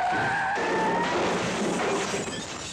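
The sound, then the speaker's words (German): Car tires squeal in a loud, high-pitched skid lasting about a second, then a harsh burst of crunching, rattling noise as the car bumps into something after a passenger grabs the driver's steering wheel, causing minor bodywork damage; the clatter tapers off. “Das bisschen Blechschaden steigert doch nur das Bruttosozialprodukt und davon profitieren wir alle.”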